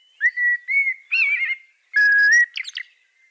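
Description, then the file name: Common blackbird singing: mellow, fluty whistled notes around a steady pitch, followed by a brief squeaky, twittering flourish at the end of the phrase. "Turdus merula"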